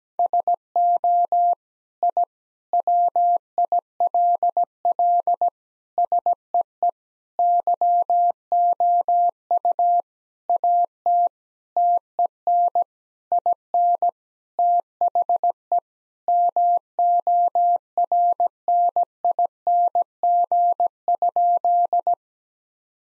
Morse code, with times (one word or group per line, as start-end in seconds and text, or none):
0.2-1.5 SO
2.0-2.2 I
2.7-5.5 WILL
6.0-6.9 SEE
7.4-10.0 YOU
10.5-11.3 AT
11.8-12.8 TEN
13.3-14.1 IN
14.6-15.8 THE
16.3-22.1 MORNING?